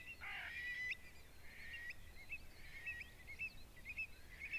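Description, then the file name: Eurasian stone-curlew calls: one loud, rough wailing note opens, then a run of thinner whistled notes, with steady hiss throughout. "ugartyuk-hangja ugartyuk-Burhinus-oedicnemus"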